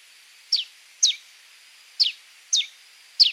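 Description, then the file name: Helmeted manakin calling: five sharp, high notes sliding downward, at irregular intervals, over a steady background hiss. "Canto do soldado de crista vermelha"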